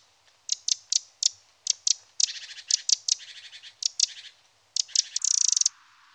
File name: Troglodyte mignon